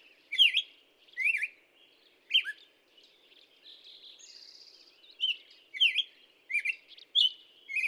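Black-headed Grosbeak giving clear, swooping whistled notes with a soft buzzy stretch in the middle, then more whistled phrases.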